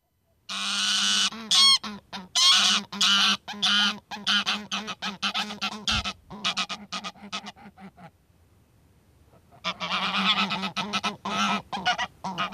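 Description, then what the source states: Greylag Goose honking, a rapid series of harsh, nasal honks repeated in bursts, several birds calling together, with a pause of about one and a half seconds before the honking resumes. In the archipelago in April, arriving around ice break-up to inspect nesting sites; dull honking in flight announces arrival and claims territory, warning other geese away.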